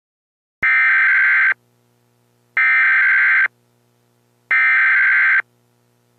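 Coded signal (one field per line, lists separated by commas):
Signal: Emergency Alert System (SAME) tones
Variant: header bursts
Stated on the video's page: Fictional mock alert videos with valid tones, including Emergency Broadcast System recreations.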